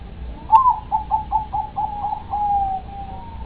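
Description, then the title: Dove song with an emphatic opening coo, then about eight short pulsing notes that slow into a long, level closing coo; low background hum throughout. "Canto Da Pomba"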